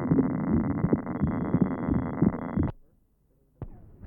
Recording taken at pulmonary area. Note the wide splitting of the second sound. Splitting measures 0.04 seconds on expiration and 0.09 seconds on inspiration.